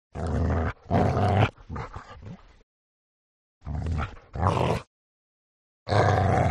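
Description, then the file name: Border collie: dog snarling in harsh, raspy bursts, three close together, a pause, then three more, each rough and growly. "smartsound ANIMAL DOG Border Collie Snarl"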